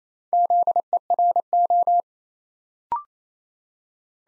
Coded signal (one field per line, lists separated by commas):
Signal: Morse code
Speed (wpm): 28 wpm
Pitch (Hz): 700 Hz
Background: none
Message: ZERO